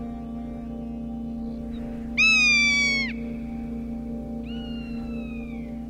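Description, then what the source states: Rough-legged Hawk call: one loud, drawn-out harmonic scream lasting about a second, then a softer, descending mewing slur, over a steady low hum. Hunts over open plains and prairies with few hills or elevated perches.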